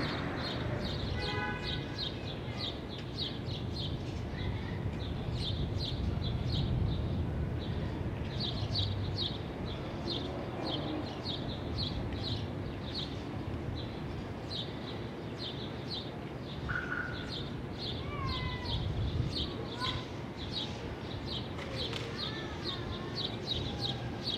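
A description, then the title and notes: An outdoor Brooklyn rooftop scene with a steady low rumble of city traffic running through the whole clip. Quick, bright bird chirps repeat almost constantly, with a few higher whistled calls around the middle and later, over a faint steady hum. Ext, Brooklyn Roof.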